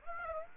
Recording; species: mosquito wingbeat signal from an infrared sensor; Aedes aegypti